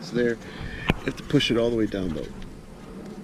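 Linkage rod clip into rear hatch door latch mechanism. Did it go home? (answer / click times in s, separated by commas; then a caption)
no / none. Someone talks while handling a linkage rod clip that goes into the rear hatch door latch mechanism of a 2001 VW Eurovan, pushing it down into place. Nothing has seated or clicked yet; the clip is still being worked toward home.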